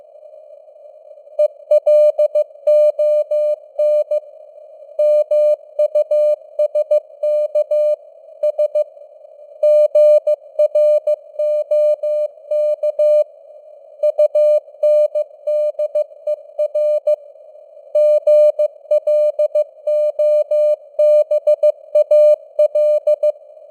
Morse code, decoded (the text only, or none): ELON MUSK S GROK UNDER GLOBAL